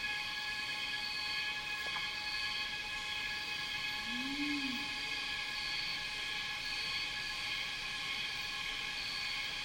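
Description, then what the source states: Cicadas drone in a continuous, unchanging chorus of stacked tones, with a brief low sound near the middle. In a rainforest, heard together with birds.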